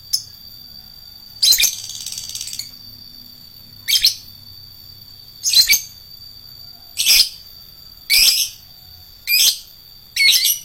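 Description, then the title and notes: Lovebird giving shrill, buzzy chirps, one longer rasping note early on, then single sharp calls repeated every one to two seconds. Adult fighter lovebird. "#4. LOVEBIRD FIGTER. Lovebird Dewasa"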